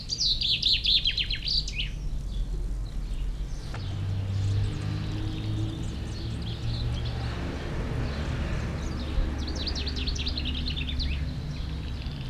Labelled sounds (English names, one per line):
Common Chaffinch song